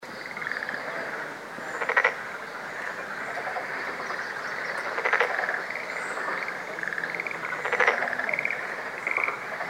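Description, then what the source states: Black-spotted pond frogs croaking in a chorus, with louder rattling bursts about every three seconds rising out of a constant hum of calling frogs. Recorded 21 April 2014.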